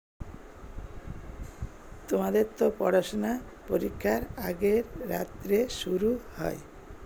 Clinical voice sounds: elicited speech; Bengali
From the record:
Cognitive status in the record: dementia

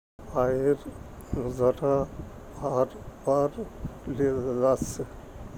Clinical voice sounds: elicited speech; Bengali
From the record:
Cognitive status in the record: dementia

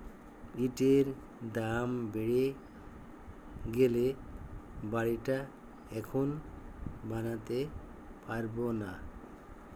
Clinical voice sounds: elicited speech; Bengali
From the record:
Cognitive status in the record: dementia

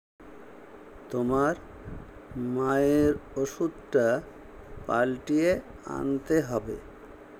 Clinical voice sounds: elicited speech; Bengali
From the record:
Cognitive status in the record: dementia

